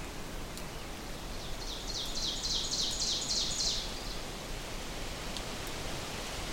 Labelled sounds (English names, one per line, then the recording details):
Ovenbird song
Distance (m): 40 m
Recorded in boreal forest in Alberta, Canada, on 4 June 2016 at 08:21
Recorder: SongMeter 3, array SBT-3-51
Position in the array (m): 261 m, 118 m
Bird 28